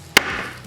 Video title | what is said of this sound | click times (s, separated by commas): TÜRKİYE'NİN EN UCUZ RENGARENK KASASI - VALORANTTA +300 FPS - KASA TOPLAMA | tık dedi Oldu bu Oldu tam oturma odası da | 0.2 s